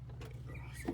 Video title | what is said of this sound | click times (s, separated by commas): A.F.E. GT MOMENTUM COLD AIR INTAKE WITH HELL CAT SCOOP INSTALL ON CHALLENGER SXT/0-60 mph speed test | it locks in place like that. | 0.2 s